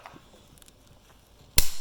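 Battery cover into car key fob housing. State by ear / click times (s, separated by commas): seated / 1.6 s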